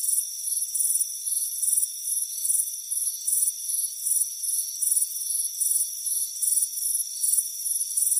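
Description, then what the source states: Cricket chirping: sharp, high bursts repeated a little more than once a second, backed by a persistent ringing hum. Soothing cricket chirping on a warm afternoon on a front porch.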